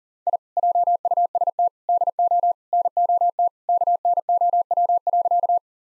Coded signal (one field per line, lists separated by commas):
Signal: Morse code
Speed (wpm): 40 wpm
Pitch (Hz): 700 Hz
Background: none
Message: I JUST DO NOT KNOW.